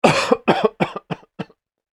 Man Coughing.